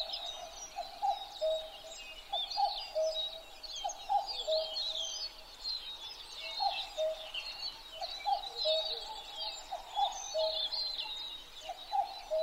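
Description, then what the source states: Long run of common cuckoo calls, each a falling pair of notes, repeated evenly, with a constant chorus of high chirping and trilling birds. Recorded 12 June 2011 at 03:53.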